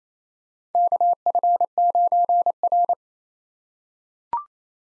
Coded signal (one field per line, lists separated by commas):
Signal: Morse code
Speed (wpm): 28 wpm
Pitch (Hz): 700 Hz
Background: none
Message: KF9R